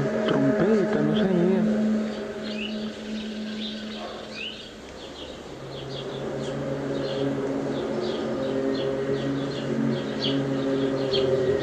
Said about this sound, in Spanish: Creo que nuestros amigos oyentes de inmediato habrán identificado el famoso eco, el sonido de la trompeta. Decían trompetas del apocalipsis, ¿no? De Hum, ese último misterio de esta nueva década.